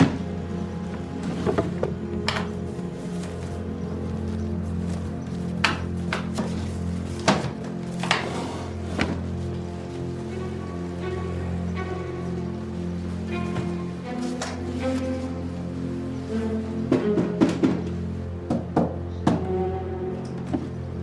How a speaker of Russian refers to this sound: Подходит к столу. Открывает один ящик, второй. Перебирает бумаги.